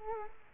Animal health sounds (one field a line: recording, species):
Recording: mosquito wingbeat signal from an infrared sensor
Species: Culex quinquefasciatus